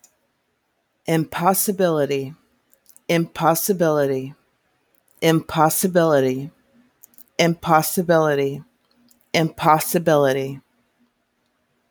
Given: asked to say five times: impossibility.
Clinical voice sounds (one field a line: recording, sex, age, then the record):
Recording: repeated word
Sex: female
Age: 40 to 49 years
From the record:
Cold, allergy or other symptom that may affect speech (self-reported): no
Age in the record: 41 years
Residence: Florida, United States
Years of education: 19